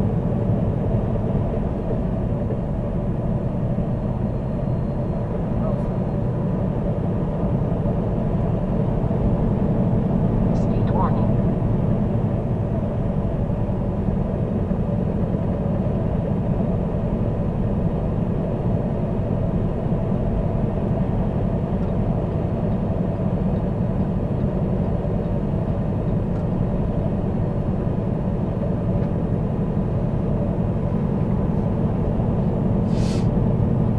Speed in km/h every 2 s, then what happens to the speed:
106, 105, 105, 103, 105, 106, 106, 105, 105, 105, 105, 105, 105, 105, 105, 105, 105.
0-34 steady at about 105.